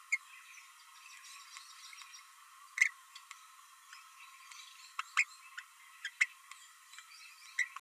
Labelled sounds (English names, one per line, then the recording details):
Green-rumped Parrotlet babbling
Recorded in a nest box in Venezuela
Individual 18B12A3